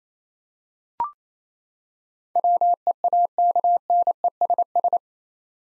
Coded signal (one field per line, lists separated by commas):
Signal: Morse code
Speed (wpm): 28 wpm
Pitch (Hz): 700 Hz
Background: none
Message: WEAKNESS